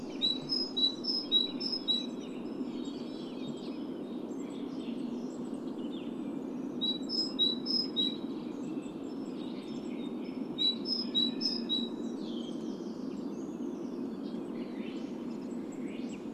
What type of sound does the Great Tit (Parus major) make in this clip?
song